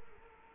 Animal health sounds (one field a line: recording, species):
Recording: mosquito wingbeat signal from an infrared sensor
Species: Culex quinquefasciatus